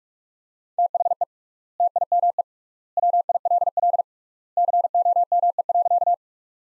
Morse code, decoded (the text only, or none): THE TIME WILL COME.